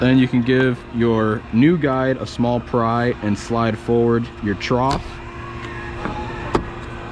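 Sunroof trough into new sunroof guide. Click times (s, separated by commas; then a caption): 6.5 s. Someone talks while a new plastic sunroof guide on a Ford F-150 is pried slightly and the sunroof trough is slid forward into it. A sharp click at 6.6 s marks the trough popping into place in the guide, so it is seated.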